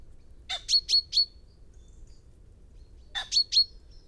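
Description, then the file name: Common chaffinch calls: two quick bursts of three or four sharp, high notes, a few seconds apart. "Fringilla coelebs"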